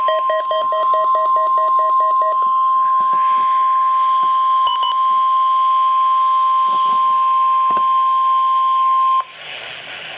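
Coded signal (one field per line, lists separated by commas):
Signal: Emergency Alert System (SAME) tones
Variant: 1050 Hz attention tone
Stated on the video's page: Required Weekly Test tones from weather radio station KIH-42.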